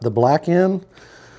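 Someone talks while handling the black charger lead connector at the lithium battery's proprietary terminal socket. The connector has not yet been pushed home, and nothing has seated or clicked yet.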